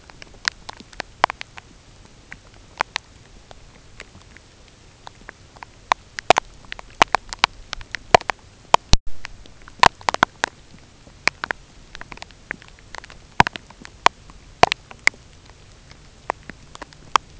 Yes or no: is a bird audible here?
no